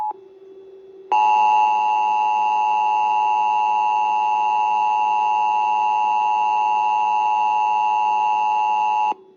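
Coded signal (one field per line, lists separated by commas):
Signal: Emergency Alert System (SAME) tones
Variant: 853 and 960 Hz attention tone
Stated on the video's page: IPAWS CAP weekly tests and civil alerts.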